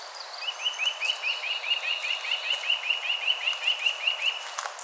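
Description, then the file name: Eurasian nuthatch giving a fast, even series of many clear piping notes, steady in pitch. "Sitta europaea"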